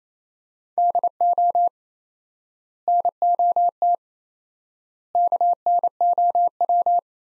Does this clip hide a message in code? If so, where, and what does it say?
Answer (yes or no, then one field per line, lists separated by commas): yes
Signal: Morse code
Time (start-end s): 0.8-7.0 s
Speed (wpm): 27 wpm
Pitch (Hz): 700 Hz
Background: none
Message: DO NOT KNOW